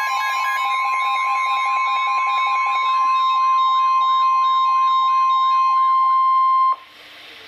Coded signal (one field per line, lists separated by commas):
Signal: Emergency Alert System (SAME) tones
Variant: 1050 Hz attention tone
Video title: Special Marine Warning #2 - 04/09/15 (EAS #870)